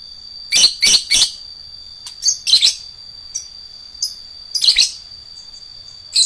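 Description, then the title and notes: Lovebird giving a quick cluster of three harsh, high chirps, then scattered shorter notes and another burst near the end. Adult fighter lovebird. "#4. LOVEBIRD FIGTER. Lovebird Dewasa"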